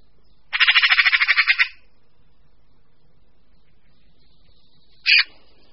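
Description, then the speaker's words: Eurasian magpie chatter, one harsh rattling burst of rapid repeated notes, then a single short harsh note about three seconds later. Voice described as harsh, croaking and unpleasant-sounding, perhaps the magpie's only negative trait. "Možná, že tím jediným negativním prvkem bude zase ten její nelibě znějící hlas."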